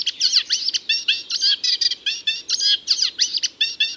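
Reed warbler song: rhythmic chattering of scratchy, repeated double and triple notes delivered without pause.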